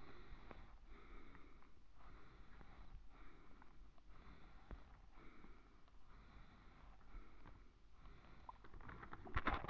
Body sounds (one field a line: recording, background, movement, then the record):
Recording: deep breathing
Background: quiet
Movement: sitting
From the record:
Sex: male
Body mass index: 22.0 kg/m2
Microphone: on the chest, facing the body